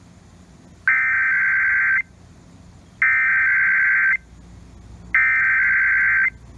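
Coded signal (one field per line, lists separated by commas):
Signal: Emergency Alert System (SAME) tones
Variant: header bursts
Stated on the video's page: Weekly test heard on 96.7 FM broadcast station.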